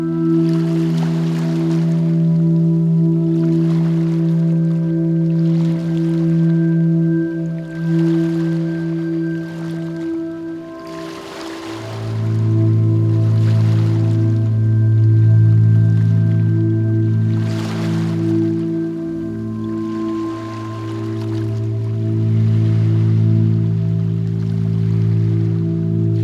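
Gentle waves lap at the shore, each soft wash arriving every two to three seconds in a regular rhythm. Beneath them runs a loud, steady low hum, like a boat engine, which drops deeper and grows fuller around the twelve-second mark.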